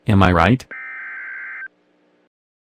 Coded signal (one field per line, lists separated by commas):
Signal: Emergency Alert System (SAME) tones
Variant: header bursts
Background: speech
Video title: Alachua County EAS (Florida Man)